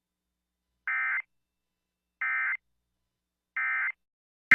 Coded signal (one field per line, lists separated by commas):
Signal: Emergency Alert System (SAME) tones